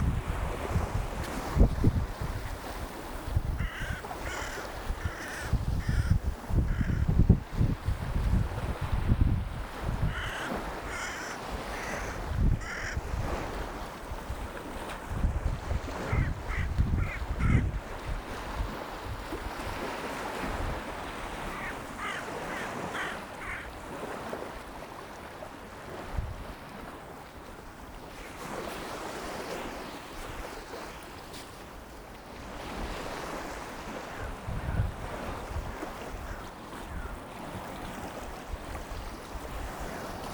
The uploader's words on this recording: Tide is just about turning to retreat down the beach. Wind at my back heading East to the groyne. The sounds of shrieking cold water swimmer friends in the big blue and crows making car-like noises. Birds back today with Oystercatchers and Wagtails flitting about.